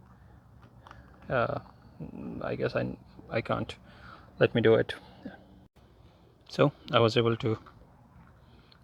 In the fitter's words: push it in it clicks right in place